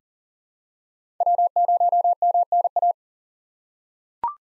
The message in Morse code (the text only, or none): W0MNA